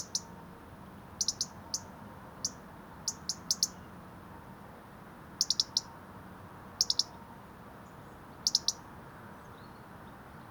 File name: Erithacus rubecula